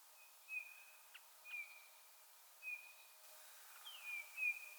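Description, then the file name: Eurasian bullfinch calls: a few soft, flat piping whistles with gaps of about a second between them, plus faint clicks, in otherwise quiet conditions. "Pyrrhula pyrrhula"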